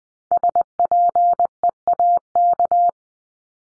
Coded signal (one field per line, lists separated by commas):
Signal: Morse code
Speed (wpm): 20 wpm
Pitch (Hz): 700 Hz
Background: none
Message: SPEAK